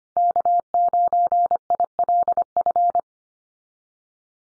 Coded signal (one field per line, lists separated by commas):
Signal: Morse code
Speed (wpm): 25 wpm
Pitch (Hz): 700 Hz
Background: none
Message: K9ILF